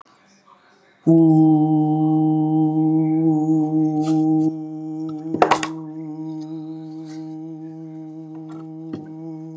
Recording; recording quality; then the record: sustained vowel as in boot; excellent, no background noise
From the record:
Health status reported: COVID-19 positive, mild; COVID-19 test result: positive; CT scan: not taken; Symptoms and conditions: none ticked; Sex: male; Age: 24 years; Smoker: no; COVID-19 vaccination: both doses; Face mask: not worn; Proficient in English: yes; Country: India